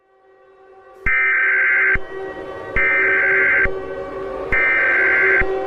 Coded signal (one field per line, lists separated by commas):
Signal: Emergency Alert System (SAME) tones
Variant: header bursts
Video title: April Showers Bring May Flowers: An EAS Scenario (SPRING FLING SPECIAL)